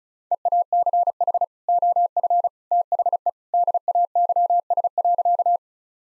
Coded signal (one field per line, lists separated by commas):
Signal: Morse code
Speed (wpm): 36 wpm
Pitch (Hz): 700 Hz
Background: none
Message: EACH OF THE DAYS.